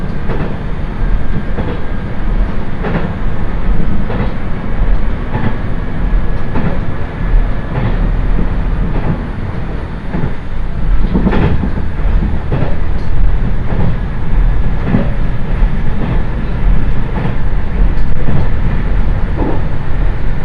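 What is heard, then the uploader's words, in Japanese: A single-car railbus runs steadily along the Ise Railway, its low rumble filling the whole clip without letting up. Sharp clacks from the track joints strike about once a second, and a faint, thin whine rises briefly near the eighth second. 伊勢鉄道 四日市→津。四日市から河原田までの2駅はＪＲ区間に乗り入れ、あとは伊勢鉄道内を走ります。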